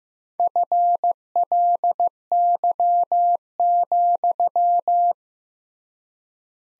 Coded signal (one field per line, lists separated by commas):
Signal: Morse code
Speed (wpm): 15 wpm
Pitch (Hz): 700 Hz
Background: none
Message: FLY,